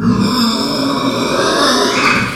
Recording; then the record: squeal of a Yucatan mini pig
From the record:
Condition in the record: after surgery on the right vocal fold (resection and tissue-engineered implant); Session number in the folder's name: 13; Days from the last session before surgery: 113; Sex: female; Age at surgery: 19 weeks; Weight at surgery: 25 kg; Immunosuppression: prednisolone